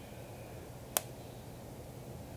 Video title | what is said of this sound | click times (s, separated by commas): How to add RIVETS | you could hear that. So click, once you hear the click, it's not going to fall off. | 1.0 s